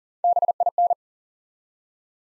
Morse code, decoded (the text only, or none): BIN